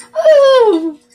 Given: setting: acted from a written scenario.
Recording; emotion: vocal sound without words; elation